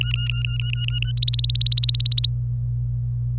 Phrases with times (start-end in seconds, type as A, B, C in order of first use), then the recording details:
0.01-1.12 A, 1.18-2.27 B. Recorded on 26 April 2018 at 10:50. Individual llb3